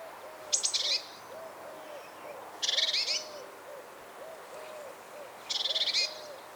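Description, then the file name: Great tit giving three harsh, buzzy churring calls a few seconds apart, with a soft, low, repeated hooting-like note running underneath. "Parus major"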